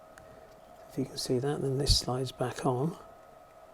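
A plastic cab for a Hornby 08 shunter model locomotive is handled, ready to be slid back onto the body. Someone talks over a steady low hum, with faint ticks near 0.2 s and 3.8 s. Nothing has seated or clicked yet.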